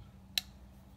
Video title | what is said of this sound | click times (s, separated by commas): Medford Knife and Tool Nest of Viper flippers and review - Wypeer | heard that little click right there that I'll talk about that so | 0.4 s